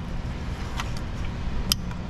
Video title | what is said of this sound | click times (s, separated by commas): Damaged Connectors, Who is Liable!? - Toyota 3.3 v6 AWD | There we go. Did you hear that click? Got it. | 1.7 s